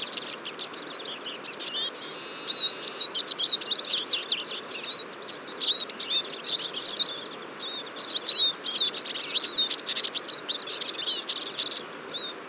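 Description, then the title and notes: Eurasian siskin flock in full chorus, high chirping twitters packed closely together, with a drawn-out buzzy wheeze early on. Large flock at a feeder on a February morning, 23 February 2014, Fourcinet, Drôme, France; recorded with Nagra Seven and Telinga P7. "Choeur de fringilles. 23 février 2014-Fourcinet - Drôme. à la mangeoire un grand nombre de Tarin des aulnes (Carduelis spinus)"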